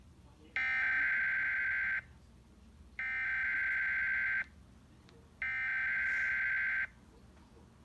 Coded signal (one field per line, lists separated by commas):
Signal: Emergency Alert System (SAME) tones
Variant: header bursts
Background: speech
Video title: September 2020 Fredericksburg RMTs(EAS 174-177)